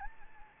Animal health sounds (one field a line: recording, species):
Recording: mosquito wingbeat signal from an infrared sensor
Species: Anopheles gambiae